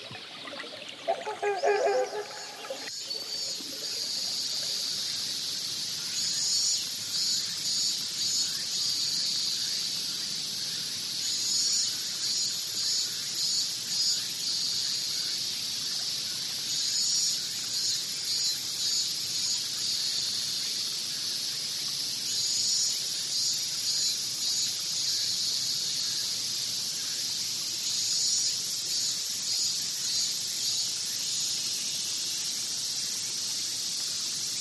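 A forest soundscape filled with a dense, steady chorus of high, shrill insect calls that hum on without pause, rising and falling slightly in waves. In the first three seconds, a few louder squealing calls break out above the chorus before fading away.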